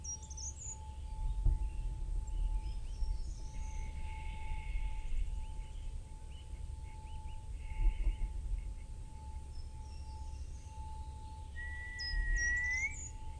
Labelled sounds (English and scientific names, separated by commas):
Short-toed Treecreeper (Certhia brachydactyla)